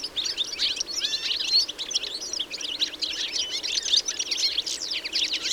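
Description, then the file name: European goldfinch calling, quick tinkling notes and slurred chirps packed densely together throughout. "Carduelis carduelis"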